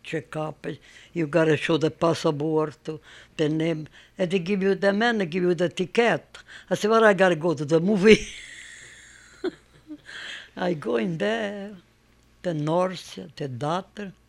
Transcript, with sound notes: Checkup, you've got to show the passport, the name. And they give you, the man, they give you the ticket. I say, "What I got to go to the movie?" ( she laughs ) I go in there, the nurse, the doctor,